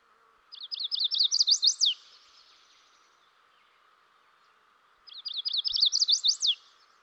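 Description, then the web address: Chestnut-sided warbler song: two bright, quick series of high sweet notes, each ending in an emphatic down-slurred flourish, over a low steady hum. Eastern North America. "Dan Gibson Wildlife Identification By Sound, Eastern North America Pt 1. Chestnut-Sided Warbler"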